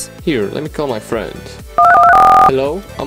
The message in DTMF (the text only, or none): 12123